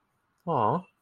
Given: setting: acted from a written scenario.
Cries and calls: vocal sound without words; sympathy

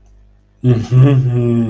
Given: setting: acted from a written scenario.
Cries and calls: vocal sound without words; adoration

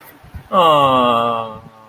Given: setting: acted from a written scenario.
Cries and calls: vocal sound without words; adoration

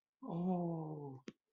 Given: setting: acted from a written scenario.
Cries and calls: vocal sound without words; elation

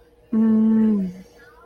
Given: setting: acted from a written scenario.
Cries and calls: vocal sound without words; ecstasy

